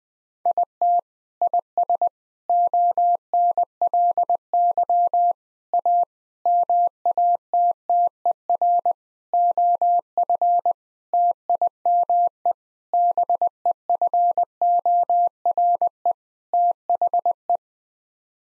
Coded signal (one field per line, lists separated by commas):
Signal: Morse code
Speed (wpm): 21 wpm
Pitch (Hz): 700 Hz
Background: none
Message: IT IS ONLY A MATTER OF TIME BEFORE THE